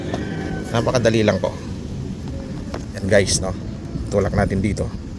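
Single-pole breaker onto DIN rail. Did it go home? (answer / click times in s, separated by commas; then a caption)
no / none. A small single-pole breaker is being handled and pushed onto a DIN rail while someone talks. A couple of faint short ticks are heard, but nothing has seated or clicked yet.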